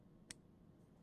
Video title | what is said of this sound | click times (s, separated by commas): SPARTAN HARSEY FOLDER 3.25 REVIEW GOOD & BAD | nice clicky detent and then i love the lock up the sound of it it's just | 0.3 s